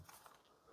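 The plastic battery cover of a KMC-Z603 wireless handheld card payment terminal is closed over the newly inserted battery and pressed down by hand. Sharp snaps are heard at 0.1 s and 0.3 s as the cover locks shut, and the cover is confirmed seated.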